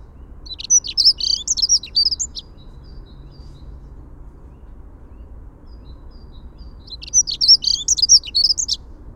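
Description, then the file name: Dunnock song: two brisk, high, jangling warbled phrases about two seconds long, separated by roughly four seconds of quiet with faint low background hum. "Prunella modularis - Dunnock"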